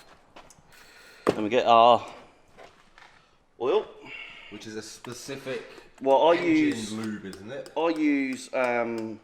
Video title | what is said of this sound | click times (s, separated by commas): 🐒 BUILDING A HIGH HP TURBO CIVIC ENGINE! - HONDA CIVIC BUILD Ep30 | Well, they're spring loaded, so you hear the little click, in it goes. | 0.4 s